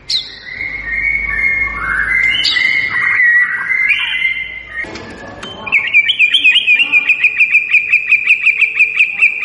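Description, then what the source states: White-rumped shama singing: sustained warbled whistles with slides and trills, then a brisk, regular chain of bright repeated notes toward the end. Lure (pancingan) recording of a lively, vigorously singing (gacor) white-rumped shama, meant to make listening birds respond.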